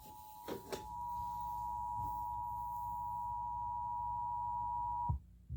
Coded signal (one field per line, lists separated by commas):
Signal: Emergency Alert System (SAME) tones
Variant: 853 and 960 Hz attention tone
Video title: My second compilation! (EAS alerts from 10/5/2021 (EAS #34-40